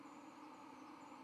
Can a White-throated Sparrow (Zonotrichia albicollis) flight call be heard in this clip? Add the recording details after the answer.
no. No flight call is heard. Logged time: 11:21 on 31 October 2014